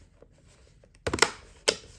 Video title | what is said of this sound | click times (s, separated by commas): Ford Focus Sequential LED Turn Signal Light Upgrade For Mirrors | snap in place. | 1.2 s, 1.7 s